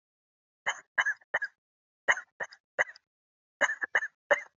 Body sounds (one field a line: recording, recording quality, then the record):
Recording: shallow voluntary cough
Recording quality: excellent, no background noise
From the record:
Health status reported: healthy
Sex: female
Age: 41 years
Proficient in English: yes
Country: India